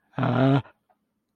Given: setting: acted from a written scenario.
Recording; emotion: vocal sound without words; fear